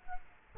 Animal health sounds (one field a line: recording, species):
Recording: mosquito wingbeat signal from an infrared sensor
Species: Culex quinquefasciatus